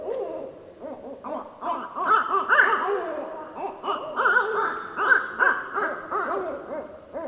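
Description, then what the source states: Barred owl caterwauling: rapid, overlapping rising-and-falling hoots and wails, repeated quickly throughout, with higher squealing notes mixed in. Recorded 15 December 2012.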